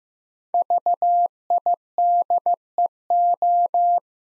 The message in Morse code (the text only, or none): VIDEO